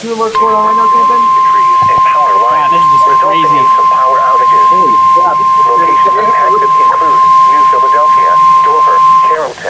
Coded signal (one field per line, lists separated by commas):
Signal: Emergency Alert System (SAME) tones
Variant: 1050 Hz attention tone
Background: speech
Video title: BY THE POWER OF DXING! | EAS Alerts from May 29, 2020 (EAS #361-376)